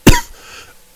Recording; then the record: coughing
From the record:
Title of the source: Coughing 51